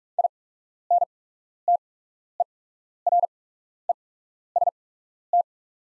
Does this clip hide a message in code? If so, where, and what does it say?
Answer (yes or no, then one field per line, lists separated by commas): yes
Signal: Morse code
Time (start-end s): 0.2-5.4 s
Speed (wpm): 44 wpm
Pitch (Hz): 700 Hz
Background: none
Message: INTEREST